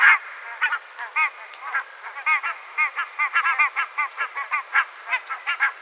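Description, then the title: Barnacle goose: a steady run of short, nasal yapping barks. "vogel-der-woche Nonnengans"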